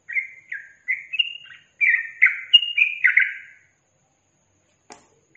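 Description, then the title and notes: Yellow-vented bulbul song: a quick run of short, bubbly, up-and-down notes lasting a few seconds, followed by silence and a click. Caged-bird training recording featuring the tembakan and ropel song styles. "MASTERAN Trucukan Tembakan Dan Ropel. BURUNG TRUCUKAN"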